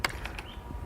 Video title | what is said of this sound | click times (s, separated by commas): ✅Robot pool cleaner: Best robot pool Cleaner (Buying Guide) | it into place by pulling down the spring lock make sure it snaps into place | 0.1 s